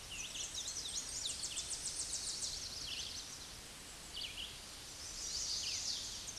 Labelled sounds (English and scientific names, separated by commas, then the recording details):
Tennessee Warbler (Leiothlypis peregrina) song
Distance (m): 30 m
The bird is about 15 m above the microphone
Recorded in a Pennsylvania forest on 16 May 2024 at 09:56
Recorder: AudioMoth, point MSD-2040
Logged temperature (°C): 15.3 °C
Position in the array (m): 68 m, 164 m